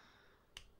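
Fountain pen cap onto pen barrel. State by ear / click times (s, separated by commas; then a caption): seated / 0.6 s. A push-pull cap is pushed onto the barrel of a Parker IM fountain pen with one hand. Against a quiet background, a single sharp, bright click rings out at 0.6 s as the cap snaps home. The cap is seated with a very satisfying click.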